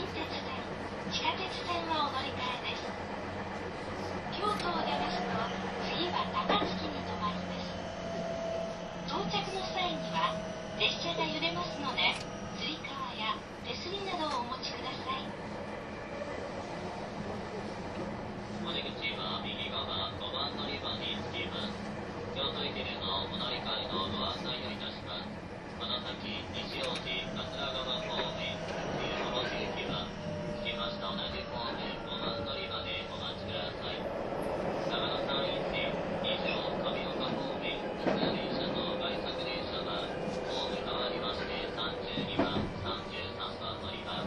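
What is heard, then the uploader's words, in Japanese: A train runs along steadily, a constant low rumble with wheel and track noise throughout. Voices murmur, likely passengers talking, while a repeated high chirping or squealing tone comes and goes through the second half. 2001,225系 700 新快速23号 01/01:野洲～姫路。The 225 series-700 is a newly built vehicle exclusively for the paid seats ``A seat''.列車走行音。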